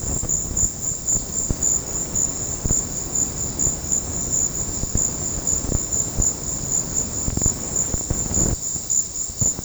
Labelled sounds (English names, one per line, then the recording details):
none
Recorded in secondary vegetation near Puerto Asís, Putumayo, Colombia, on 19 March 2025 at 16:00
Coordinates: 0.484, -76.319
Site G010